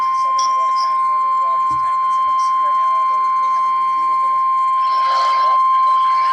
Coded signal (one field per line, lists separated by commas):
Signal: Emergency Alert System (SAME) tones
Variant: 1050 Hz attention tone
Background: speech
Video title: Tornado Warning | EAS #150 With SPCDetroit!!!